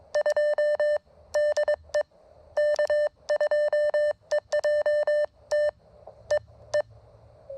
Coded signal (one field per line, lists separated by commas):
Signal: Morse code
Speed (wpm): 22 wpm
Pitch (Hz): 590 Hz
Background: none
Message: 2 DE K2EJT EE